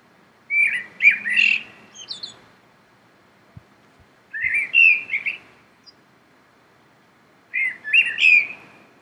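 Common blackbird singing: three phrases come about every three and a half seconds, each with mellow warbled whistles that end in a squeaky, high twitter.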